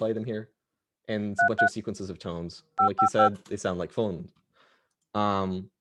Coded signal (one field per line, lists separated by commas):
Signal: DTMF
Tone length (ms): 120 ms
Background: speech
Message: 33 555